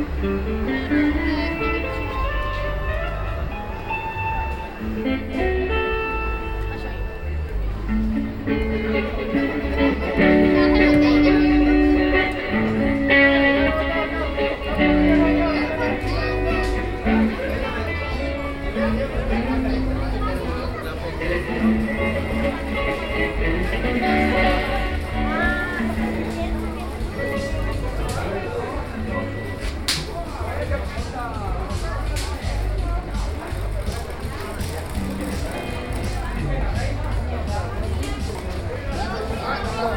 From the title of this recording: Austin Country Flea Market